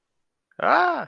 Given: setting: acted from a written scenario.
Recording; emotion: vocal sound without words; positive surprise